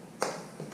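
A short snap-on trim piece is pushed onto its mount on a motorcycle while a Goldstrike LED lighted flagpole kit is being fitted. A sharp, bright snap at 0.2 s marks the piece seating, followed by a fainter knock near 0.6 s. The piece is snapped in place.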